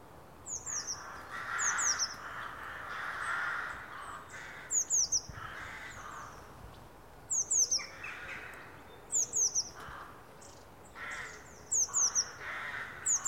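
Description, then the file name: Eurasian blue tit giving high, thin calls in short bursts of two to three notes, repeated irregularly every couple of seconds, with faint broad background hiss. "Cyanistes caeruleus"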